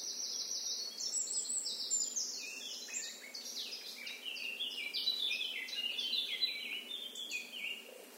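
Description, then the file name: Eurasian blackcap song, a continuous rapid warble of varied high, fluted and scratchy notes running for eight seconds, tumbling slightly lower toward the end. "Sylvia atricapilla"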